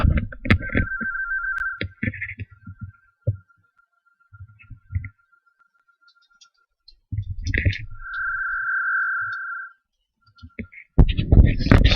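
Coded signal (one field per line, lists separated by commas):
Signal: NAVTEX (SITOR-B)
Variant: AMTOR, 100 baud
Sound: short warbling two-tone data bursts near 1.3 kHz between clicks, clunks and room sounds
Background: handling noise, room sound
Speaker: you can hear the sound is wrong but we can actually hear those sounds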